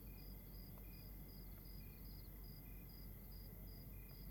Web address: Monte Sound - Atmospheres of Rwanda AMB External Rwanda Night Crickets